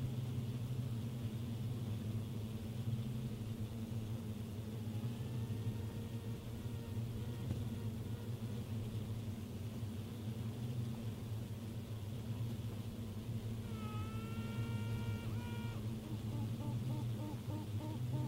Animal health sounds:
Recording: honeybee colony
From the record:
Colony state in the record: pre-swarm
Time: day

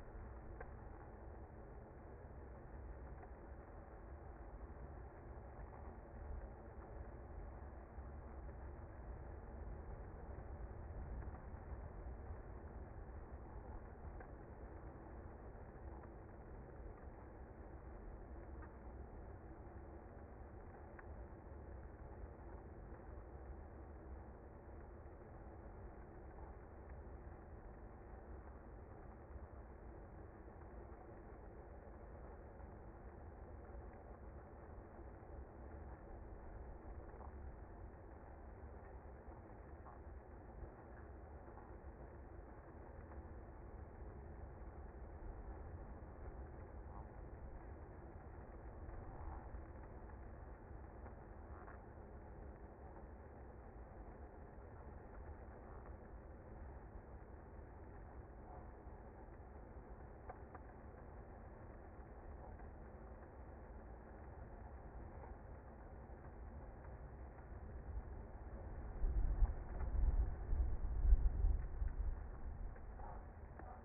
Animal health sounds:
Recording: honeybee colony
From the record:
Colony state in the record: active

